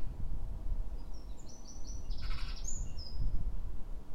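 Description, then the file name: Eurasian wren with a short burst of high, ringing trills broken by a harsh churring rattle in the middle, over steady low background noise. "Troglodytes troglodytes"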